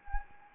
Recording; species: mosquito wingbeat signal from an infrared sensor; Anopheles arabiensis